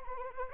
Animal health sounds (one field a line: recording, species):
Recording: mosquito wingbeat signal from an infrared sensor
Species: Anopheles arabiensis